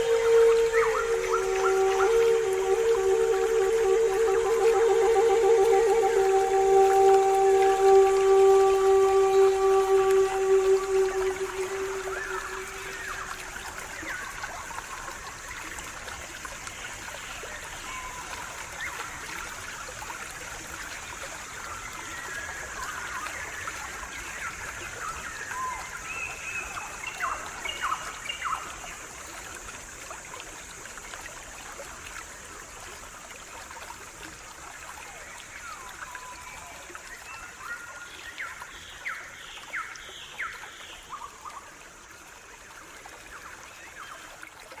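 Pan flute plays long, held, breathy notes over flowing water for the first dozen seconds, then fades out. A steady, hissing stream trickles on alone after that, with faint light clicks and splashes around 25 to 30 seconds and again near the end.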